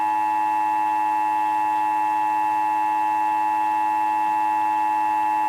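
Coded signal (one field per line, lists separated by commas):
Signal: Emergency Alert System (SAME) tones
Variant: 853 and 960 Hz attention tone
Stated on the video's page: EAS test recorded off cable television.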